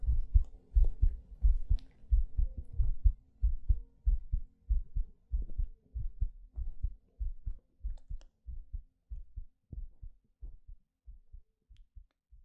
ASMR Heartbeat Breathing.